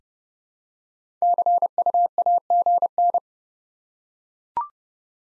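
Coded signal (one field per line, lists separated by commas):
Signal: Morse code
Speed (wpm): 30 wpm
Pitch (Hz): 700 Hz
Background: none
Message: CU AGN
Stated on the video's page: Morse practice of QSO elements at 30 wpm for head-copy, each element sent in code, then spoken, then sent again.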